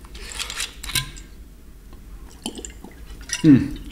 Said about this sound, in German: Boah, jetzt muss ich mal einen Schluck Wasser trinken, ist schon wieder heiß.